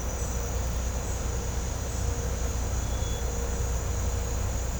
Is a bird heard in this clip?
no